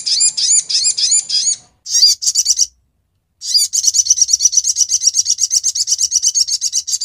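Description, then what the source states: Brown-throated sunbird song with rapid high chirps, a brief gap near three seconds, then a steady quick series of sharp tweeting notes. Labaik song variant; masteran recording used to tutor other birds.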